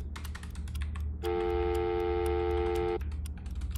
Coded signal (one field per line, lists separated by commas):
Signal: telephone call progress tone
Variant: North America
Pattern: dial tone